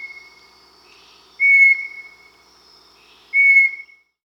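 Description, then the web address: Bartlett's tinamou giving two clear, level whistles near one pitch, each lasting about half a second, spaced about two seconds apart. Amazon, Peru. "Birds of the Amazon. Bartlett's Tinamou (Crypturellus bartletti), Peru"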